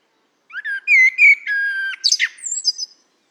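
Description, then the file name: Common blackbird song phrase: rich whistled notes, a sustained level tone, then a burst of squeaky high chatter trailing off. "Turdus merula"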